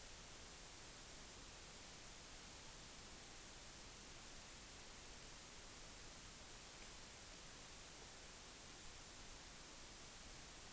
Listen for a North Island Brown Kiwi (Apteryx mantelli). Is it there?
no